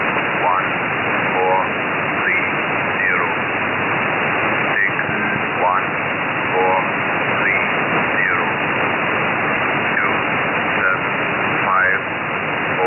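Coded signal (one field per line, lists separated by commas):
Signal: numbers station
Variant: E06 English Man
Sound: short, evenly spaced spoken words, probably a voice reading numbers, under heavy hiss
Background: radio static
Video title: E06 English Man 06/05/2023 1330 UTC 11128kHz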